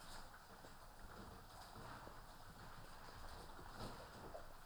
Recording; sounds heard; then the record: poultry house recording; healthy chickens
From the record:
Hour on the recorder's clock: 12